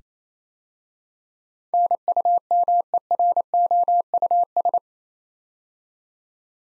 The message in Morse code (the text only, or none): NUMEROUS